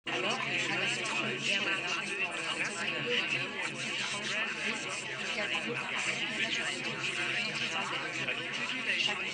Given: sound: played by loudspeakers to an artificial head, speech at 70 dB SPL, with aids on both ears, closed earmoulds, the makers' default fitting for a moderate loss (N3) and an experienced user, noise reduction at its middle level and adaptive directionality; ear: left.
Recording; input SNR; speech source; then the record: speech test signal (ISTS) in cocktail-party noise; -6 dB; on the right (90 degrees)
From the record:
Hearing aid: class 2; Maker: G